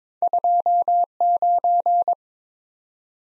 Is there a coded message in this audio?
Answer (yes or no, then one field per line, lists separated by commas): yes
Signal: Morse code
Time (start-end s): 0.2-2.1 s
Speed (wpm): 22 wpm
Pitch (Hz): 700 Hz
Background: none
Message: 29